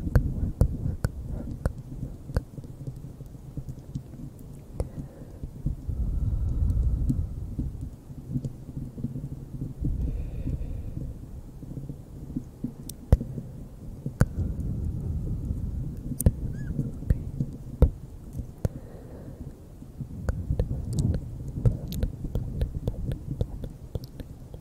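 Scratching directly on a bare microphone, heard as sharp clicks and ticks scattered irregularly throughout over a deep, muffled rumble. The low thumping swells around six to seven seconds and again near twenty-one seconds, and the sound stays close and dull apart from the bright taps.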